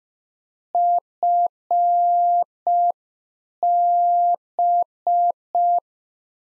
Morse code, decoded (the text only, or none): FB